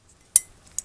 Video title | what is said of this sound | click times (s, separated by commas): 2011 HONDA PILOT - HOW TO REPLACE FRONT BRAKE PADS & ROTORS - DIY | really they just line up like that and snap in place | 0.4 s